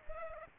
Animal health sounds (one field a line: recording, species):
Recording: mosquito wingbeat signal from an infrared sensor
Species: Culex pipiens